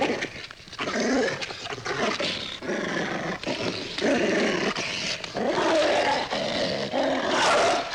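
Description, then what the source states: Dog snarling and growling in dense, harsh bursts with snapping sounds, nearly continuous, with a few brief breaks. Dog snarling and attacking.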